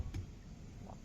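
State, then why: Seated. A new wiper blade's plastic clip is pushed up onto the hooked end of the metal wiper arm and snaps into place with a short click at 0.1 s, locking the blade on. A second, fainter tick follows at 0.9 s over a low background rumble.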